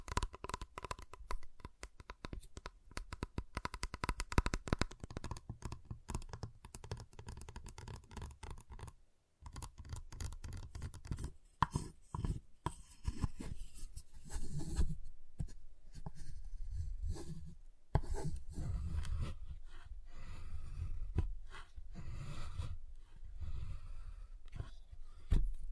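Chocolate bar tapped, cut and snapped: dense, irregular clicks and cracks, busy early, then heavier scraping and crunching with brief pauses near 9 and 18 seconds.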